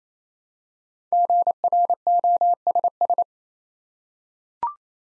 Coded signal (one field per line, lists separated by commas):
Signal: Morse code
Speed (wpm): 29 wpm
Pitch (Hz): 700 Hz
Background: none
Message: GROSS